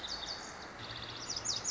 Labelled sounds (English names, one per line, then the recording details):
Lazuli Bunting
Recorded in Sonoma County, California